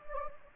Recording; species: mosquito wingbeat signal from an infrared sensor; Anopheles gambiae